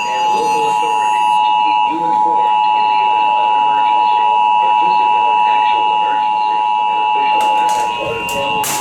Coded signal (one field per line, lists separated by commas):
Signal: Emergency Alert System (SAME) tones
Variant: 853 and 960 Hz attention tone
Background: speech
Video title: EXCESSIVE PERIODIC HEAT WARNINGS...EAS Alerts from 8/11/21 (EAS #6,004 - 6,030)